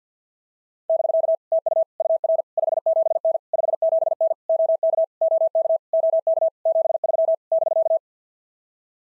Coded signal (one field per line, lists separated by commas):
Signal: Morse code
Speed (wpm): 52 wpm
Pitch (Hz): 650 Hz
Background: none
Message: <BK> TU UR 57N 57N OK OK OK 73 <BK>